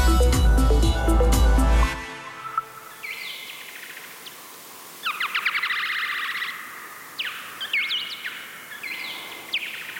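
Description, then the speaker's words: Noctule bat courtship calls, slowed down, as repeated downward-sweeping chirps in short clusters, after a loud burst of other sound at the start. Courtship call of a bat courting in an oak tree at Zuidhoorn, slowed down ten times. "Balsgeluid van de rosse vleermuis. 10 keer vertraagd. Wonderschoon, sprookjesachtig."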